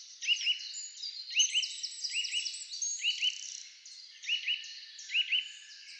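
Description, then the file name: Eurasian nuthatch giving clipped notes in pairs, each pair about a second apart, over a dense, high-pitched background chorus. "Sitta europaea"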